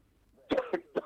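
Three short, harsh cough bursts in quick succession from an adult man, in a quiet room.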